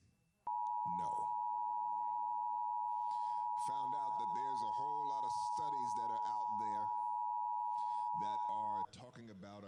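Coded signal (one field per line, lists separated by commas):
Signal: Emergency Alert System (SAME) tones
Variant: 853 and 960 Hz attention tone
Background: speech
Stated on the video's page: Pennsylvania Required Monthly Tests received from television stations.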